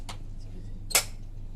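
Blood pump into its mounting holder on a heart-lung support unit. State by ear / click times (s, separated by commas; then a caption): seated / 0.9 s. During a training session, the blood pump of a heart-lung support unit is turned about 10 degrees and pushed into its separate mounting holder. A single sharp, loud click at 0.95 s marks the pump seating in the holder, over a steady low hum with a faint earlier tick near 0.1 s.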